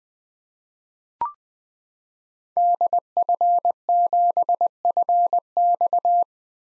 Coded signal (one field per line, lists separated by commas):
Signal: Morse code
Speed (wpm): 20 wpm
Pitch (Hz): 700 Hz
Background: none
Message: DF7FX